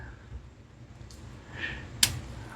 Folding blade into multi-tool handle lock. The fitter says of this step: So, as you can see, all of it locks